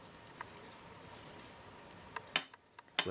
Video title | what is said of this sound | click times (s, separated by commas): Vortxx 6 STX Rotating Bow Quiver Review- New Dawn Outdoors | that up to lock it in and there it's all locked into place | 2.4 s, 3.0 s